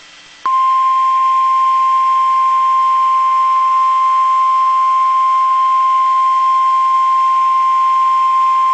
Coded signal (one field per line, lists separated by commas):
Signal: Emergency Alert System (SAME) tones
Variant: 1050 Hz attention tone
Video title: 12/16/21 - Failed Required Weekly Test on KIH61 & KZZ69 (EAS #316 & EAS #317)